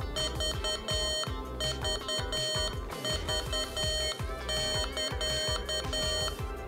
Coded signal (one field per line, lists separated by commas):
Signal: Morse code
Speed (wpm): 10 wpm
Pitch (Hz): 3100 Hz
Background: music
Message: VVV<KA>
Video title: Using the Morserino - Ham Radio Unlimited - S2E5